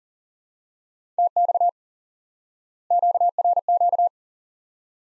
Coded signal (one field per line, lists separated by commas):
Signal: Morse code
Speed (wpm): 40 wpm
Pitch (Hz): 700 Hz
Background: none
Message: TX QRQ